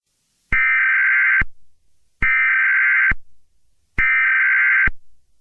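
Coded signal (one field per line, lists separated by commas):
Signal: Emergency Alert System (SAME) tones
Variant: header bursts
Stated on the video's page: Fictional EAS scenario, not real, made for fun.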